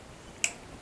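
The last plastic electrical connector is pushed onto an ignition coil pack on a Lexus IS200T F Sport during spark plug removal and installation. A single sharp click is heard at 0.4 s, standing out above a quiet background. The connector is seated.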